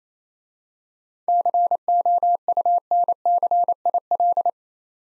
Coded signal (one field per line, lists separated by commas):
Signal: Morse code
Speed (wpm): 29 wpm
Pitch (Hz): 700 Hz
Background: none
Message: COUNCIL